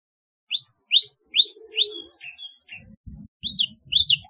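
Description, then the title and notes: Java sparrow song: a string of rising, slurred chirps, softer trailing notes, brief low knocking, then more rising chirps at the end. "Kicau Burung Gelatik"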